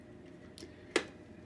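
A removable plastic part is pushed back into the body of a Roomba 675 robot vacuum. After a faint soft tap around 0.6 s, a sharp, bright click at 1.0 s marks the part popping into place, and it is seated.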